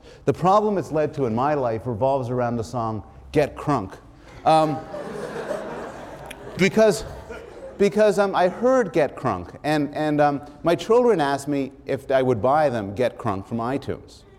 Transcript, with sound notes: The problem it's led to in my life revolves around the song "Get Crunk" [laughter] because I've heard "Get Crunk" and my children asked me if I would buy them "Get Crunk" from iTunes.